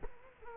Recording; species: mosquito wingbeat signal from an infrared sensor; Culex quinquefasciatus